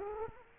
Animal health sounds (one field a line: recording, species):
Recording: mosquito wingbeat signal from an infrared sensor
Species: Culex quinquefasciatus